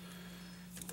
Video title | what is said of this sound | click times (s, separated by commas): STEREO system on a 2016 Harley Davidson Road King | Pops right in there. | 0.8 s, 0.9 s